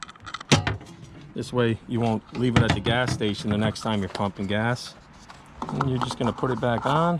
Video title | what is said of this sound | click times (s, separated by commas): 2000-10 Toyota Camary Gas Cap Replacement | You're going to stick it back in this hole here so it clicks. | 0.5 s